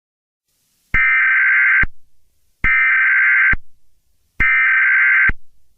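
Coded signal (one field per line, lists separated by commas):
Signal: Emergency Alert System (SAME) tones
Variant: header bursts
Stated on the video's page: Fictional EAS scenario using a text-to-speech app.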